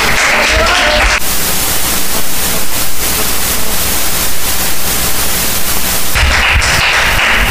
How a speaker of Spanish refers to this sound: ¿Les agrada eso? Amén. Demos al Señor un aplauso, pues.